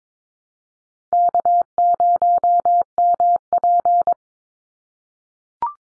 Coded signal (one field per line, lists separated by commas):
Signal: Morse code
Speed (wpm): 22 wpm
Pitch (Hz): 700 Hz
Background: none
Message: K0MP